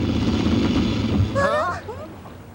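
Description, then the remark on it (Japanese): A steady low vehicle engine rumble runs for over a second, then sputters and dies away as the engine stalls from running out of gasoline, leaving quiet; a voice briefly sounds over the fading end. “お、おい、エンジン止まっちゃったぜ。 あ、しまった、ガス欠だ。”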